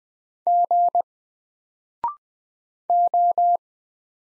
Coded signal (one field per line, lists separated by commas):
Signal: Morse code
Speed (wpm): 20 wpm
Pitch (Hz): 700 Hz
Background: none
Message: G O